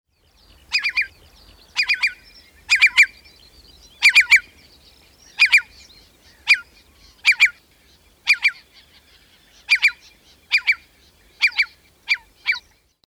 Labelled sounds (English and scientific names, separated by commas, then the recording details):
Eurasian Curlew (Numenius arquata)
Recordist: Tembrock, Günter
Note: Erregungsrufe